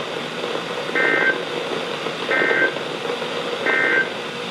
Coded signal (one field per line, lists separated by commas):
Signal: Emergency Alert System (SAME) tones